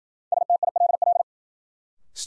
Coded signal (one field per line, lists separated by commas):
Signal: Morse code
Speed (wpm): 51 wpm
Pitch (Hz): 700 Hz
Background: none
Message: STILL